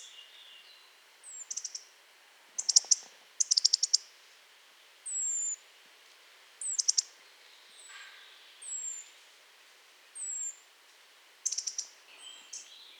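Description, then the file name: European robin calling with repeated thin, high, falling whistles and bursts of rapid ticking clicks, spaced every second or so throughout. "Erithacus rubecula"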